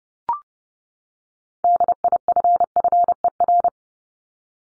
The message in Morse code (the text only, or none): DIFFER